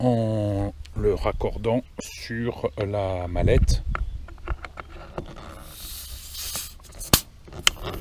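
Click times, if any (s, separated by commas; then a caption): 7.7 s. Someone talks, then a BC direct-feed low-pressure quick-connect hose from a regulator is pushed onto the inlet of an air analyser case, with a few small knocks and handling sounds along the way. A louder snap at 7.1 s comes just before the sharp click at 7.7 s, when the hose seats properly on the fitting, just like on a buoyancy vest.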